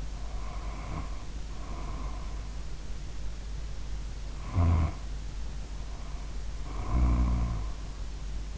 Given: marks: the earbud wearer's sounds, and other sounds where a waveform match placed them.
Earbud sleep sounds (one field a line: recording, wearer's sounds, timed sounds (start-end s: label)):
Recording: sounds in sleep by an in-ear microphone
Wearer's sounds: breath, snoring breath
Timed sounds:
0.00-2.65 s: breath
4.40-8.08 s: snoring breath